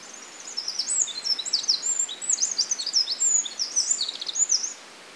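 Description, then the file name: Eurasian wren singing a rapid, high-pitched cascade of sharp notes and trills lasting about four seconds, then stopping. "Troglodytes troglodytes"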